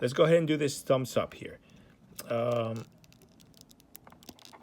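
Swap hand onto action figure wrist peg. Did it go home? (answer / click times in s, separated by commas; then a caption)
yes / 4.0 s. Someone talks while fitting a thumbs-up plastic swap hand onto the wrist peg of an S.H.Figuarts Spider-Man (Gamer Verse) action figure. Talking fills roughly the first three seconds, followed by a quiet stretch of small taps and clicks. The hand seats with a click at 4.0 s.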